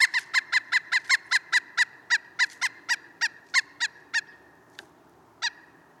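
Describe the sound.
Pileated woodpecker giving a long series of loud, even wuk notes that gradually slows and trails off into a few scattered final calls.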